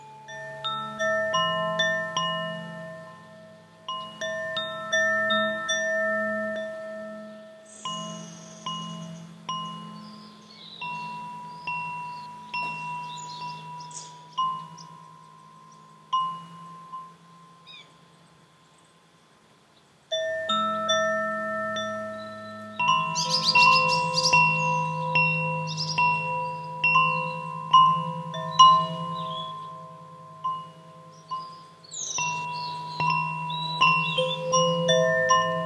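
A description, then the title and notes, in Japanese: Wind chimes ring in clustered, overlapping strikes with long sustained tones, fading nearly to silence around twenty seconds before a brighter, busier burst resumes. 你可以在風鈴的共鳴管內部看見八根精準校音的含銀音柱焊接在金屬共振盤上。不到6點的時間就進入森林裡。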